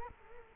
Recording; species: mosquito wingbeat signal from an infrared sensor; Culex quinquefasciatus